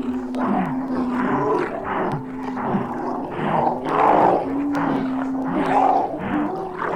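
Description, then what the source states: Wolf: wolves howling in long, steady low tones that overlap and waver, while harsh snarls and growls break in repeatedly throughout. Several wolves howling and snarling.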